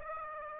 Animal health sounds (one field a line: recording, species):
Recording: mosquito wingbeat signal from an infrared sensor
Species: Aedes aegypti